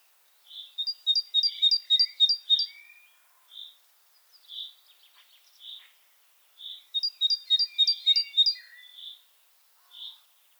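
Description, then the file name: Great tit giving a rapid string of sharp double notes, then slower single chirps, the pattern heard twice with short pauses between. "Parus major"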